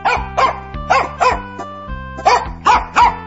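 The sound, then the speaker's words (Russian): The owner's dog, having just jumped out of a sack, barks sharply about seven times, the loud barks coming in quick pairs and clusters, over a steady low musical drone with sustained tones. “Вот села она, положила мешок на землю, и только было принялась петь, как вдруг выскочила из мешка хозяйская собака.”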